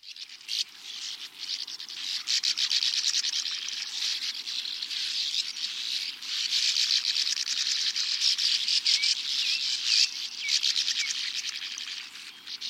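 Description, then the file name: Sand martin chatter throughout: dense, harsh, buzzy calls overlapping into a constant rasping din. "Uferschwalbe"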